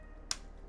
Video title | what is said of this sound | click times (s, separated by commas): LEGO Build - Star Wars UCS Set 75355 Alternate Build - ARC-170 by rybrickster - Part 4 | There we go. That little click is what we needed to happen. | 0.3 s